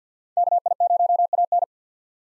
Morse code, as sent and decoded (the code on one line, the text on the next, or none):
-.- .. ----- .- -.
KI0AN